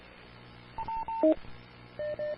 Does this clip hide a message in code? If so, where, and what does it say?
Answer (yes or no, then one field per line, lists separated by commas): no